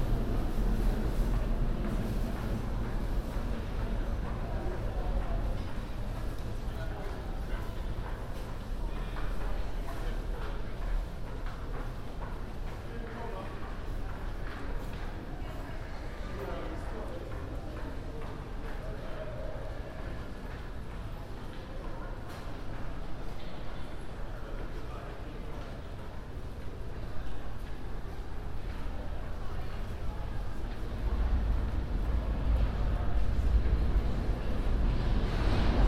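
A subway ride on the N train, with a steady low rumble and rattle filling the whole clip. Faint voices come and go amid the clatter, and the roar swells louder in the final ten seconds as the train picks up speed.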